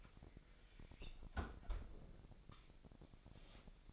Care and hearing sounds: daily activity, microphone in the room; close fridge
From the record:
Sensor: 5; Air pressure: 1002.0 hPa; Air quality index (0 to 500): 218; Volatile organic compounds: 25 ppm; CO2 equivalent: 2832 ppm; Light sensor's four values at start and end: 10/24/10/11 and 9/22/9/10

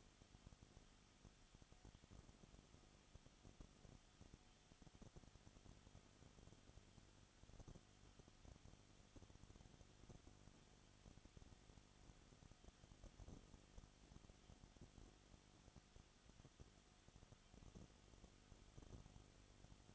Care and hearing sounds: daily activity, microphone in the room; no activity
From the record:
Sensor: 4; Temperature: 22.7 degrees Celsius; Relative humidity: 31.7%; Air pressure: 995.4 hPa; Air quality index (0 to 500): 158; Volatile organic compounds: 2 ppm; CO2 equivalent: 1256 ppm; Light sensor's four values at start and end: 2/3/1/1 and 2/3/1/1

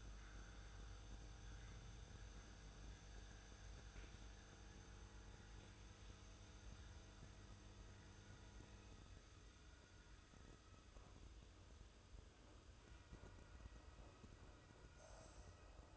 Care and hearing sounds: daily activity, microphone in the room; make coffee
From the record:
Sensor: 2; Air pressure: 995.0 hPa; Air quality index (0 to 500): 52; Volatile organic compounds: 1 ppm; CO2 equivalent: 838 ppm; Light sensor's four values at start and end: 15/51/20/19 and 15/51/19/19

